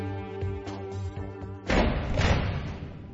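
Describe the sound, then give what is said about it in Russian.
A door opens with a sudden heavy thud and a burst of rough, rushing noise that cuts through a steady humming tone with soft rhythmic ticks, then lingers to the end. “Дверь открылась.”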